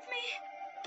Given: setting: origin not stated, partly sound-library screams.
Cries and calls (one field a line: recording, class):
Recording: one-second piece from a danger detection set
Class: woman in danger